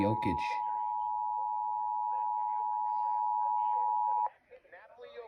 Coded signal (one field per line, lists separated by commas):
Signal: Emergency Alert System (SAME) tones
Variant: 853 and 960 Hz attention tone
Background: speech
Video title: Eas #225 severe thunderstorm warning and tv